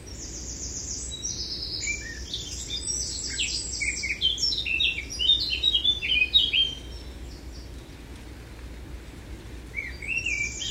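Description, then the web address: Eurasian blackcap song opening with a string of repeated high notes, then a rich tumbling warble, a pause, and a short phrase at the end. "SETE data Sylvia atricapilla"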